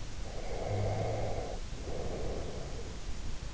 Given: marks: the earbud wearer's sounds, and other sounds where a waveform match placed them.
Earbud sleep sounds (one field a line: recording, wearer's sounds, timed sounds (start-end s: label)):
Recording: sounds in sleep by an in-ear microphone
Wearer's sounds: snoring breath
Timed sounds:
0.30-3.14 s: snoring breath